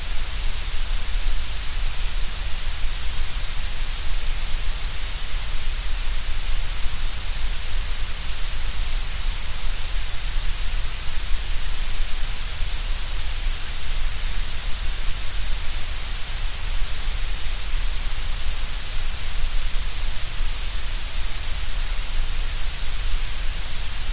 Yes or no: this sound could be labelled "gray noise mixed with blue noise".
yes